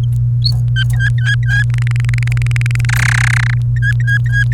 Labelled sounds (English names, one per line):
Domestic Canary song